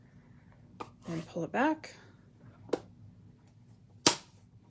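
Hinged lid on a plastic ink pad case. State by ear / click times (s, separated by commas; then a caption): seated / 4.1 s. Someone talks while the hinged lid of a plastic ink pad case is lifted all the way up, laid down, pushed in and pulled back, with softer clicks at about 0.8 s and 2.7 s. The lid then snaps closed with a loud, sharp snap at 4.1 s, seating it shut.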